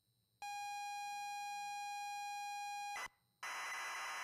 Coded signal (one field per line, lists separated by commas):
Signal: ZX Spectrum tape loading